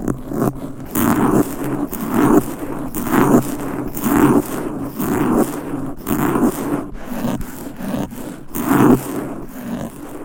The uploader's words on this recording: ASMR Fast & Aggressive Mic Scratching with 20 DIFFERENT MICS Covers & Nails No Talking for Sleep.